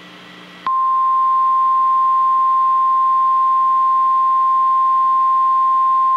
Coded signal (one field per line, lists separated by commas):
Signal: Emergency Alert System (SAME) tones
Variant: 1050 Hz attention tone